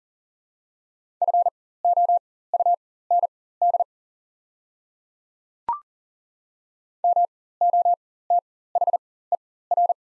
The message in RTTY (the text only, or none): none